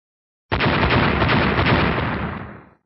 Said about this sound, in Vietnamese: Liên tục bốn tiếng nổ, bốn người khổng lồ đất trước mặt Tô Minh tan vỡ hết.